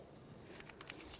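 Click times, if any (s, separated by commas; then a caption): 0.9 s. An ABS wheel-speed sensor wire connector on a 2005–2012 Volvo S40 is pressed into its plastic mating harness connector at the front strut and knuckle area. A few faint, short ticks come at about 0.6 to 0.8 s, and the connector clicks in at 0.9 s with the sharpest transient. It is seated and then wiggled to check it is secure.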